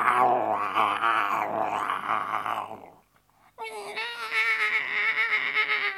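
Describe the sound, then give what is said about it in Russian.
A huge tiger leaps out from behind a tree in a forest and growls loudly in two long, rumbling bursts separated by a short pause, the second deeper and more sustained with a steady, throaty tone. “тигр прыгнул из-за дерева и громко зарычал.”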